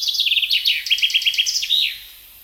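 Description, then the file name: Common chaffinch song: quick repeated chipping notes stepping downward into a fast trill, finished by a slurred flourish. "Fringilla coelebs"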